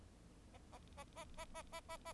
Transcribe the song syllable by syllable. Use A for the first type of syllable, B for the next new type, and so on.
A A A A A A A A A